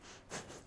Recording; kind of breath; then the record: one breath in and out by a microphone near the nose and mouth; strong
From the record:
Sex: female